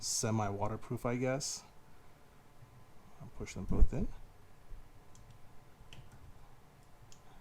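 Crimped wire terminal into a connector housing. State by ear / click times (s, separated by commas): seated / 5.9 s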